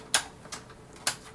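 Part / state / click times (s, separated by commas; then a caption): removable plastic component snapping back into a top-load washer / seated / 0.1 s, 1.1 s. A removable plastic component is lifted back up and snapped into a 2013 LG 4.5 cu. ft. HE flat-panel top-load washer, model WT1201CV. Two sharp clicks ring out at 0.1 s and 1.1 s, with a fainter tick near 0.5 s between them. The clicks confirm the part is locked back in place, left up so air can circulate and dry the machine out without mildew or mold.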